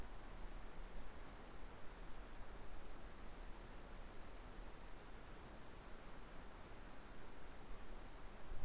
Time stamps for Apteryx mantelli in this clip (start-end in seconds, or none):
none